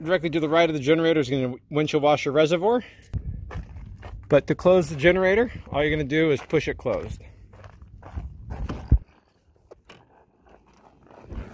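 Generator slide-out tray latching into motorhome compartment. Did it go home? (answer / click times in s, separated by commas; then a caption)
no / none. Someone talks, then pushes the generator slide-out tray of a 2016 Tiffin Allegro Bus diesel motorhome closed by hand, with scattered handling bumps and brief knocks while the talking trails off. The tray must latch so it does not slide open under braking, but nothing has seated or clicked yet when the clip ends.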